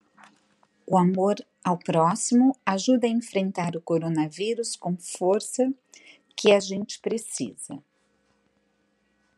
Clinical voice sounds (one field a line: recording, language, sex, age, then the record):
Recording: spoken sentence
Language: Brazilian Portuguese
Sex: female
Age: 50 to 59 years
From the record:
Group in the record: control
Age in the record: 56 years